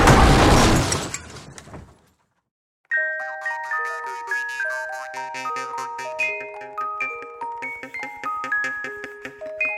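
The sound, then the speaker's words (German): A loud, roaring burst of noise cuts off into silence, then the carillon of St. Kathrin church rings out a steady melody of bright bell notes, each strike overlapping the last as it fades. “Aber das ist doch das Glockenspiel von St.”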